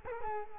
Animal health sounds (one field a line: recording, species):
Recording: mosquito wingbeat signal from an infrared sensor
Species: Culex quinquefasciatus